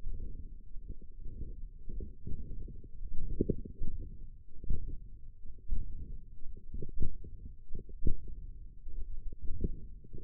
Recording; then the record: forearm muscle sounds (acoustic myography)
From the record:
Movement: hand opening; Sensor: system 1, eight BSWA MPA416 microphones around the upper forearm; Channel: 5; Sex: female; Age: 21 years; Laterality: right